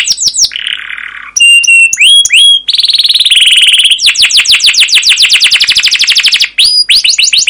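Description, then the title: Canary singing quick downward-sweeping notes, a buzzy phrase, clear whistles, then a long fast rolling trill and more sweeping notes. Canary song used as a lure to train other canaries; described as long, persistent rolling song with 'cuit cuit' notes. "CUIT CUIT NGEROL LANGSUNG GACOR PANJANG Kenari Ini AMPUH Utk Pancingan KENAR"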